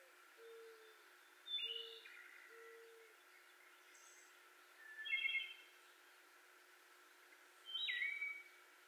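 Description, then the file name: Wood Thrush song: soft low notes, then three ringing flute-like phrases a few seconds apart, each closing with a bright trill. Recorded 18 May 2021. "2021-05-18 Wood Thrush"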